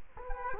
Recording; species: mosquito wingbeat signal from an infrared sensor; Culex quinquefasciatus